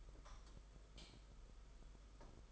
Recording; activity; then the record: daily activity, microphone in the room; light off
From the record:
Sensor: 5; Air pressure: 991.2 hPa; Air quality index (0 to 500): 107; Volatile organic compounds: 23 ppm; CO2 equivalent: 2778 ppm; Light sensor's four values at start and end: 19/48/19/21 and 19/48/19/21